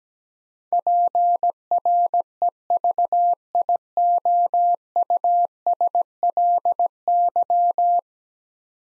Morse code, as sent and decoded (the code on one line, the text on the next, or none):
.--. .-. . ...- .. --- ..- ... .-.. -.--
PREVIOUSLY